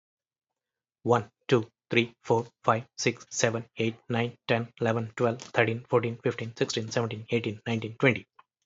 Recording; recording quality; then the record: counting at a fast pace; excellent, no background noise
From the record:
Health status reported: healthy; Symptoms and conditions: none ticked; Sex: male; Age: 41 years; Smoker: not ticked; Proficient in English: yes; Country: United States